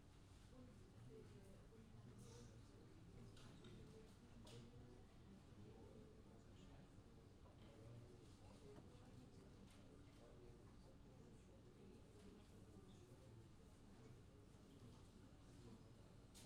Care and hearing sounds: everyday scene through a hearing-aid microphone; many people talking; many voices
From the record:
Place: university cafeteria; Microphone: in the ear canal, left

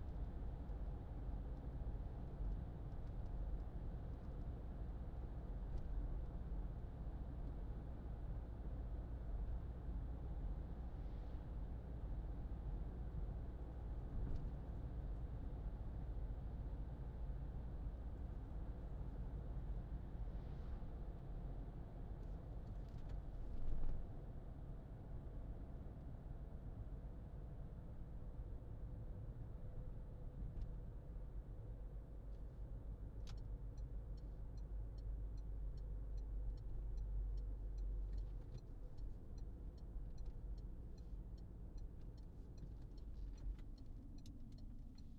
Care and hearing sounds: everyday scene through a hearing-aid microphone; in a vehicle; engine, traffic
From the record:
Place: Berlingo II, diesel engine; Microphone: in the ear canal, left

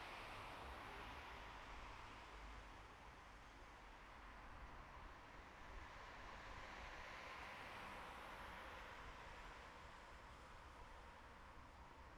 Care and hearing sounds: everyday scene through a hearing-aid microphone; in traffic; traffic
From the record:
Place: bus stop on a city main road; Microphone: behind the ear, right, front

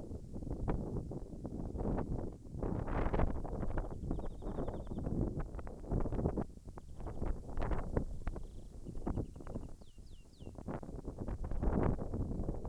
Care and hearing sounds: everyday scene through a hearing-aid microphone; wind on the microphone; wind, birds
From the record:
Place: in front of a rural house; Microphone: behind the ear, left, front

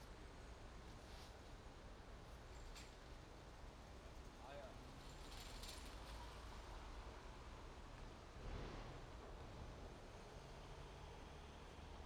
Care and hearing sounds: everyday scene through a hearing-aid microphone; in traffic; traffic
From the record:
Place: main road on the outskirts, rush hour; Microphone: in the ear canal, right

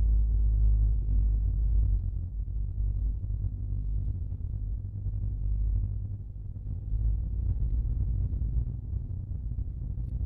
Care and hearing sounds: everyday scene through a hearing-aid microphone; in a vehicle; engine, rumble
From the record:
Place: Skoda Fabia, gasoline engine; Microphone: in the ear canal, left

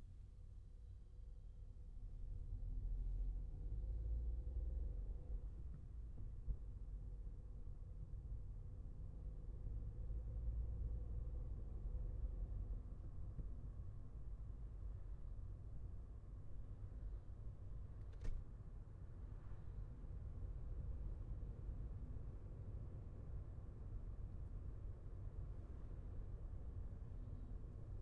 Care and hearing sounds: everyday scene through a hearing-aid microphone; in a vehicle; engine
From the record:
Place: Skoda Fabia, gasoline engine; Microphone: behind the ear, left, rear

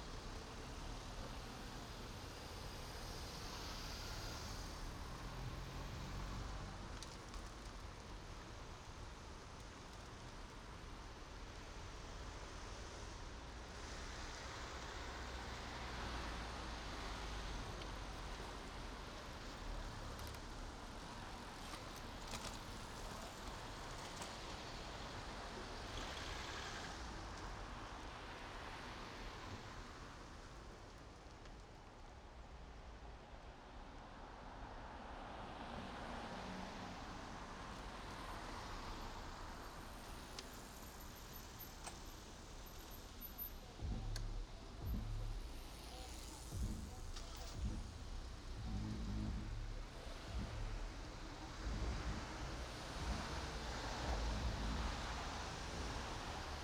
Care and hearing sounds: everyday scene through a hearing-aid microphone; in traffic; traffic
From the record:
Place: main road on the outskirts, rush hour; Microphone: in the ear canal, right

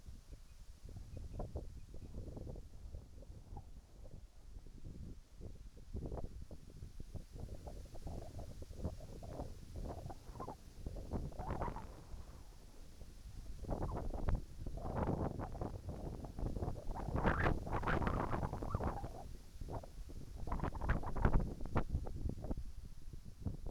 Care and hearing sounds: everyday scene through a hearing-aid microphone; wind on the microphone; wind, whistling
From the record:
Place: in front of a rural house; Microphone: behind the ear, right, rear

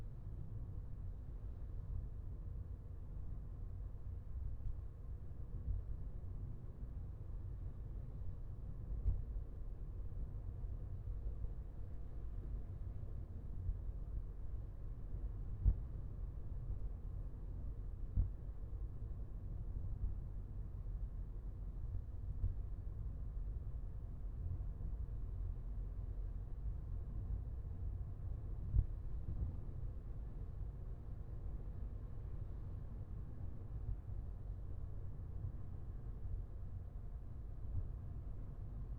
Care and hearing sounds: everyday scene through a hearing-aid microphone; in a vehicle; engine, traffic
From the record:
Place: Skoda Fabia, gasoline engine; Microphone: behind the ear, left, rear

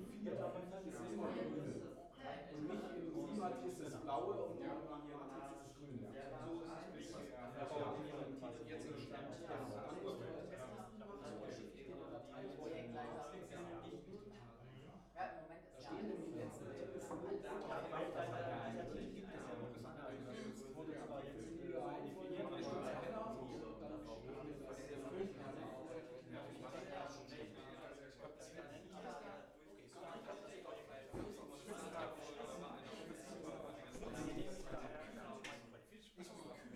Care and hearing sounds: everyday scene through a hearing-aid microphone; many people talking; many voices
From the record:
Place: bistro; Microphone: behind the ear, left, rear

